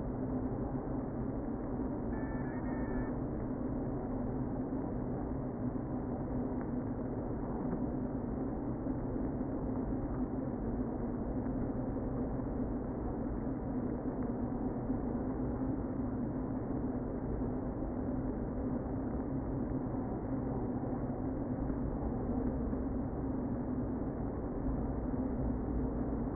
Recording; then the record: honeybee colony, microphone inside the hive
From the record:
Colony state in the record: queen present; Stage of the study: before two queens were removed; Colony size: about 60,000 bees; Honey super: yes